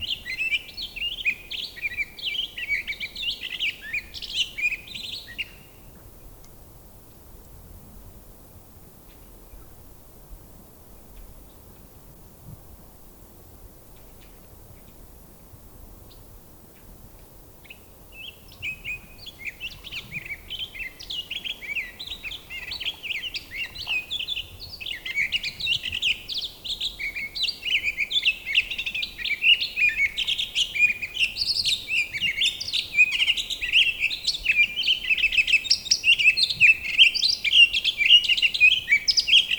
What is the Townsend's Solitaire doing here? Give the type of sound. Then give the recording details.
song. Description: Townsend's Solitaire song recorded on the Black Canyon Trail in Rocky Mountain National Park. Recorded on 26 May 2016